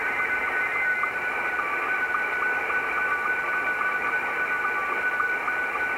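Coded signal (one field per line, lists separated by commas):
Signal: SSTV (slow-scan television)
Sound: steady whining tone with quick rhythmic ticks, about three or four a second, under hiss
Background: radio static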